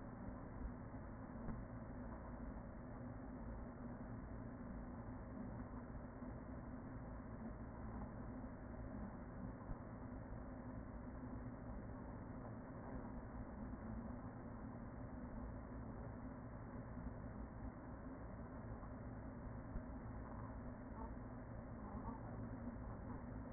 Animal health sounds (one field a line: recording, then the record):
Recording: honeybee colony, microphone inside the hive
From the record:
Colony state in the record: queen present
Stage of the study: after two queens were removed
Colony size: about 40,000 bees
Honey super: no